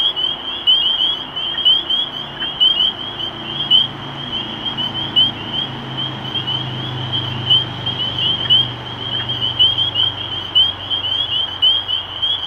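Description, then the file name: Dense spring peeper chorus of high, rising peeps, continuous and overlapping, over a faint low rumble in the background. Recorded 23 March 2012. "Peepers-2012-0323"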